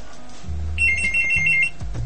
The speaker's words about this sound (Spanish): ¡Perfecto! ¡Oh! ¡Teléfono!